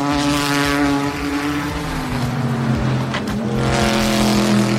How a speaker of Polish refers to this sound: Z tej rywalizacji korwety za Stonem Martinem kibice na pewno zapamiętają też dwa najpiękniejsze dźwięki silników tegorocznego Le Mans.